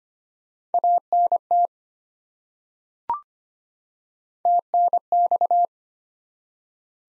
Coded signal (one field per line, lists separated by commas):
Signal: Morse code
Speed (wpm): 25 wpm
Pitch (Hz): 700 Hz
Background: none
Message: ANT TNX